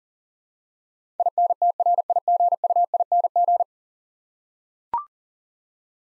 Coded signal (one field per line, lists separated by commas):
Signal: Morse code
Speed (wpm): 40 wpm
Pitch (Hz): 700 Hz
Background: none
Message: INTRIGUING